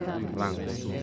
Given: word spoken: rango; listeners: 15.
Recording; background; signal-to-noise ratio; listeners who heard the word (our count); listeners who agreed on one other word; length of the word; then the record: one Spanish word in noise, from a listening test; eight-talker babble; -0.2 dB; 2 of 15; 7 of 15; 0.63 s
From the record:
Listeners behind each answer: 7, 3, 2, 1, 1, 1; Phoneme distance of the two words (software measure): 34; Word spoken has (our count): 2 syllables, 5 phonemes, stress on syllable 1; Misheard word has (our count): 2 syllables, 5 phonemes, stress on syllable 1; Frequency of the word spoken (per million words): 20.85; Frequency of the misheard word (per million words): 28.18